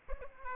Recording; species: mosquito wingbeat signal from an infrared sensor; Aedes aegypti